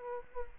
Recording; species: mosquito wingbeat signal from an infrared sensor; Aedes aegypti